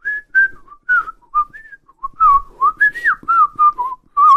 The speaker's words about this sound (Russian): На верхней койке Убер тихонько и мелодично насвистывал какую-то мелодию.